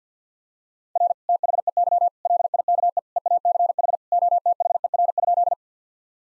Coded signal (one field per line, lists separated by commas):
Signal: Morse code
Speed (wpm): 50 wpm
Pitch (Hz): 700 Hz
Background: none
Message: R THEY LIKE EACH OTHER?